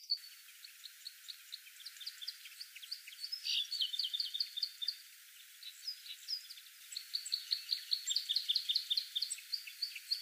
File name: Loxia curvirostra